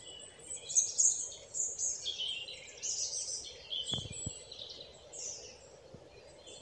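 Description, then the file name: European robin song: thin, high warbling phrases drifting up and down, with a brief low knock midway and a continuous faint hiss behind. "Erithacus rubecula"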